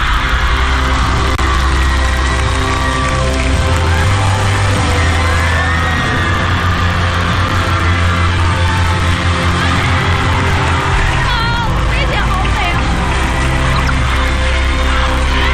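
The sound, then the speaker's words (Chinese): A loud, steady wash of audience applause and cheering welcoming two guests onto a show runs throughout, with a few high whoops and shouts rising above the crowd noise now and then. “掌声欢迎”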